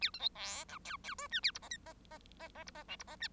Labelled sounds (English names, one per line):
Bengalese Finch song